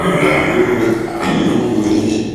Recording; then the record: squeal of a Yucatan mini pig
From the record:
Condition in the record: after surgery on the right vocal fold (resection and tissue-engineered implant); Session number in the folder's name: 2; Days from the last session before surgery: 13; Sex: male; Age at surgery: 12 weeks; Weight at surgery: 13 kg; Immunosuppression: cyclosporine, prednisolone